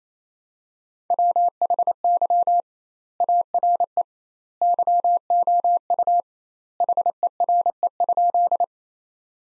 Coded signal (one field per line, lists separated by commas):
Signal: Morse code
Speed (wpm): 28 wpm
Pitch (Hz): 700 Hz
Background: none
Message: WHY ARE YOU HERE?